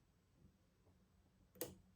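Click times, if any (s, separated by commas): 1.6 s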